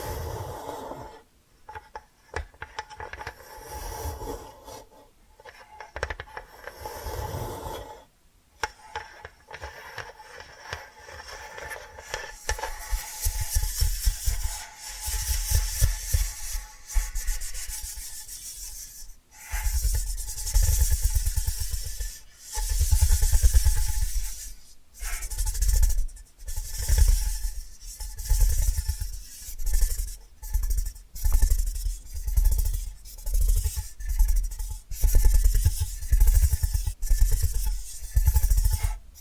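Tapping and scratching sounds, rough rubbing strokes like sanding or rasping on wood. Quiet and sparse at first with short gaps, the strokes grow louder and more regular after about 15 seconds, repeating roughly every second or two, with a faint steady tone underneath.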